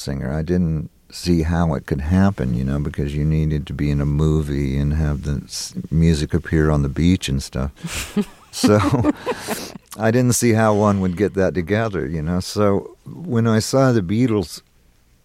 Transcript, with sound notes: I didn't see how it could happen, you know, because you needed to be in a movie and have the music appear on the beach and stuff.
(Laughter).
So I didn't see how one would get that together, you know? So when I saw the Beatles,